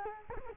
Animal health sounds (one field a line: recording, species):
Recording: mosquito wingbeat signal from an infrared sensor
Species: Culex quinquefasciatus